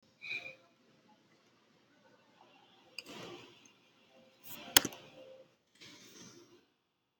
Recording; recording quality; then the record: counting at a fast pace; poor, much background noise or distortion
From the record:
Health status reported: healthy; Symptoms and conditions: none ticked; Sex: female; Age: 23 years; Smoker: not ticked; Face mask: worn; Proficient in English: yes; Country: India